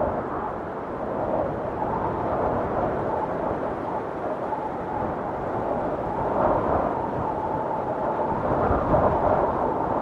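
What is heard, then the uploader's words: A windstorm roars steadily, a thick low rumble that fills the whole ten seconds without a break. A thin whistling tone hovers above the roar, and gusts swell briefly around the middle and again near the end before settling back. Immersive Windstorm Sounds.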